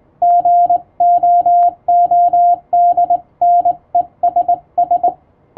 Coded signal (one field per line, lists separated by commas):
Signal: Morse code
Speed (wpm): 21 wpm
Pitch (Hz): 700 Hz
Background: radio noise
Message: GOODNESS